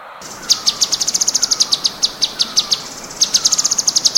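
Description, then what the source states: Cucak cungkok delivering fast, ringing high chirps in long runs, with a faint falling whistle recurring underneath. Tembakan song, for training songbirds.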